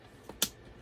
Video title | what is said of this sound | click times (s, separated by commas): Eat Play Love Layout with Mixed Media | okay it locks in place in case you didn't know | 0.4 s